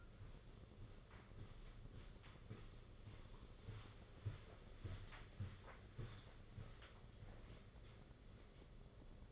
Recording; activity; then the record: daily activity, microphone in the room; walk to room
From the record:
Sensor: 4